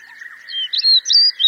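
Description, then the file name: Amur stonechat song phrase, a quick run of thin, scratchy whistled notes rising and falling, with a constant droning hum underneath. "nobitaki"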